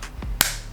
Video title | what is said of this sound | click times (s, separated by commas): Sony WF 1000xM4 Review | it does give you that nice little click so i do like that but again i do feel like the hinge and the | 0.4 s